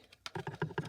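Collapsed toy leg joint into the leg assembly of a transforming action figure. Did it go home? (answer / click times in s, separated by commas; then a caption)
yes / 0.3 s. The collapsed plastic leg joint of a Siege Commander Class Jetfire transforming robot action figure is pushed hard into the leg assembly after a struggle and snaps into place with a sharp click at 0.3 s. A quick series of lighter plastic taps and clatters follows, and the leg is confirmed seated.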